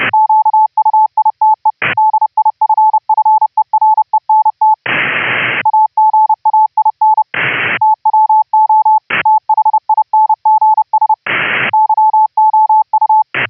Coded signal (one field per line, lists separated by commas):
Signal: Morse code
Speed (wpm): 30 wpm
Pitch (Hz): 870 Hz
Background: radio noise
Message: QUITE DIFFERENT AGAIN TWO THINGS YOU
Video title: HAM RADIO - Remote RIG WIRELESS "audio OVER ip" using GStreamer pipelines - laptop to Raspberry PI